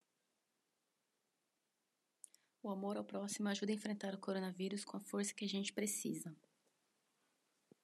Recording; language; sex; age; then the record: spoken sentence; Brazilian Portuguese; female; 30 to 39 years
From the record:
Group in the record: control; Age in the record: 33 years